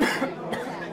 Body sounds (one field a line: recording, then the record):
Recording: coughing mixed with background sound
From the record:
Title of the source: Coughing Man Sound - Man Cough Sound Effect